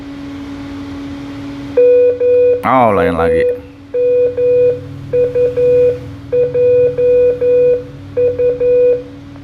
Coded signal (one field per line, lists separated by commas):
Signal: Morse code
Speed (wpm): 11 wpm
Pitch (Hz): 490 Hz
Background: speech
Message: MAMUJU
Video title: Beacon ARDF, Antenna ARDF, Fox Hunting